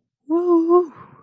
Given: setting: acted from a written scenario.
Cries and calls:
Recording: vocal sound without words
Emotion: triumph

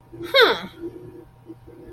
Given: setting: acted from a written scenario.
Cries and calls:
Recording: vocal sound without words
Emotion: interest

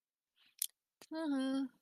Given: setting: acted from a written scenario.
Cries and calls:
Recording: vocal sound without words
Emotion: neutral

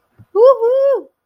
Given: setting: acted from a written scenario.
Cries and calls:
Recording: vocal sound without words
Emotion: triumph

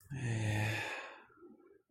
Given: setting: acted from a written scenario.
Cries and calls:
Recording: vocal sound without words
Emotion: serenity

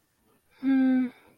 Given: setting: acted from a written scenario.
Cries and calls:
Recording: vocal sound without words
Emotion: contentment

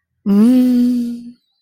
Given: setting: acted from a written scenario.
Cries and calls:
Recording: vocal sound without words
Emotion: desire

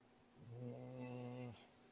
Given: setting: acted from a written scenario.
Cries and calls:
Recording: vocal sound without words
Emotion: embarrassment

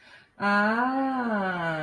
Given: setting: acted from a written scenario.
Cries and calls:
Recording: vocal sound without words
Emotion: realization

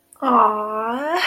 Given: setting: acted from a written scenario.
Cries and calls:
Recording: vocal sound without words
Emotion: adoration

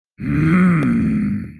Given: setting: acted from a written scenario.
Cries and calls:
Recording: vocal sound without words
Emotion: anger

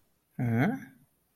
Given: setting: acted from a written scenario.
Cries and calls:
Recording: vocal sound without words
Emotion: confusion

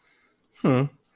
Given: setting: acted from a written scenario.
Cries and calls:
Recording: vocal sound without words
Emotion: neutral

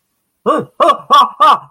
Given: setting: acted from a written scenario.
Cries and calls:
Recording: vocal sound without words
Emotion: fear

